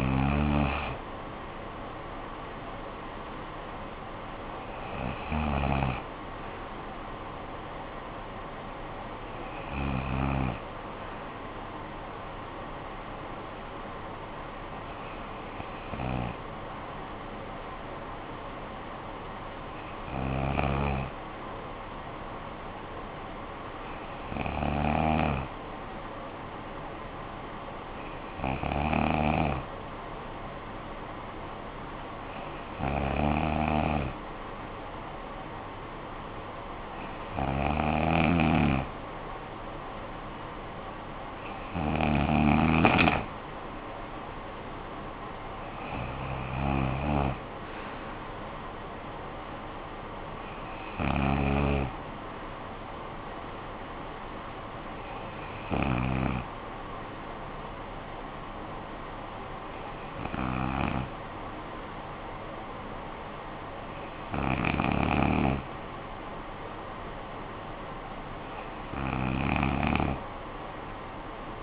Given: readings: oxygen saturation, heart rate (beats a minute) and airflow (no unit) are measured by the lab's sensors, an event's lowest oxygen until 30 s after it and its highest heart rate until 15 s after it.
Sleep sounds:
breathing in sleep by a voice recorder at the bedside; 1
4.00-71.62 s: new sleep stage, N2 (light sleep)
8.00-36.80 s: hypopnea (N2, oxygen 96% highest, then 93% lowest, heart rate 53 at the start, 67 highest)
From the record:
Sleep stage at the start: N1 (lightest sleep); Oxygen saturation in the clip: 93 to 96%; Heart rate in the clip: 49 to 67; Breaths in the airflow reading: 16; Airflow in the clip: -14.9 to 8.9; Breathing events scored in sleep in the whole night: 445 in 7.6 hours asleep

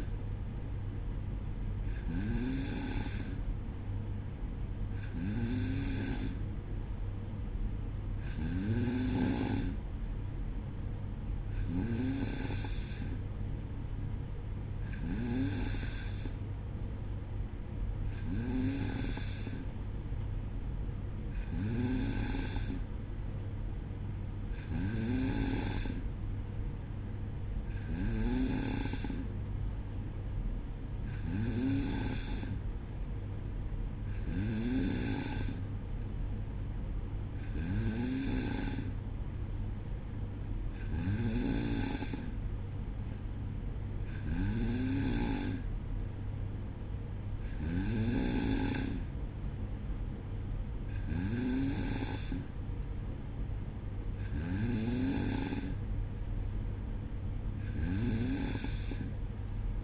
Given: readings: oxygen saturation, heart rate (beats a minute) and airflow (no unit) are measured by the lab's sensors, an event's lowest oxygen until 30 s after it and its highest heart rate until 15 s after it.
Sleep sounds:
breathing in sleep by a smartphone at the bedside; none
none scored
From the record:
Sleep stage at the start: N2 (light sleep); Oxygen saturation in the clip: 93%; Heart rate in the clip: 59 to 62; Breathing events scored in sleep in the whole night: 305 in 9.6 hours asleep

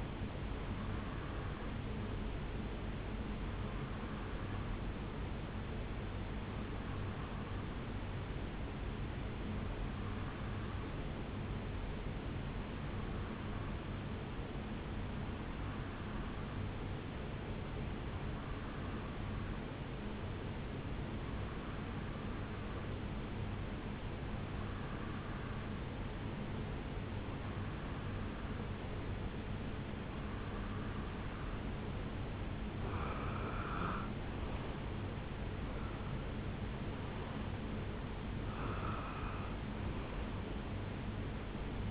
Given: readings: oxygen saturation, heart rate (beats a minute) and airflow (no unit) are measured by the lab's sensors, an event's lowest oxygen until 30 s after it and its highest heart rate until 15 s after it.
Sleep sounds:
breathing in sleep by a voice recorder at the bedside; 1
4.00-34.00 s: new sleep stage, N2 (light sleep)
6.00-32.00 s: hypopnea (N2, oxygen 94% highest, then 89% lowest, heart rate 69 at the start, 77 highest)
34.00-41.91 s: new sleep stage, N1 (lightest sleep)
From the record:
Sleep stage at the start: N1 (lightest sleep); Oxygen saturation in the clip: 89 to 94%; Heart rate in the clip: 68 to 77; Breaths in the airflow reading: 14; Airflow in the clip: -9.2 to 6.0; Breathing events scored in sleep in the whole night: 449 in 7.0 hours asleep

